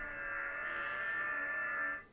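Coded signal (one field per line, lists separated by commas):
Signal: FT8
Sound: several overlapping faint steady warbling tones over band-limited hiss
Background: radio static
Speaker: and I can hear audio and I can see audio on the waterfall here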